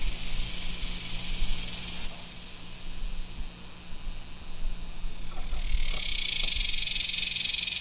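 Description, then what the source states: Cicada song, a steady high-pitched buzzing hiss that swells loudest near the end, over low rumbling noise and a few soft thumps. Recorded in summer.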